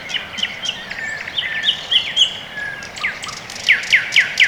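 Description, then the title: Birds chirping, with a run of about four quick slurred notes near the end, over a soft background hiss. Quiet early morning, Orekhovo-Borisovo Severnoye district, Moscow, Russia; recorded with Sony ECM-MS2 microphone into Marantz PMD-661, processed with iZotope RX II (EQ, gain). "район Орехово-Борисово Северное, Москва, Россия - Morning birds"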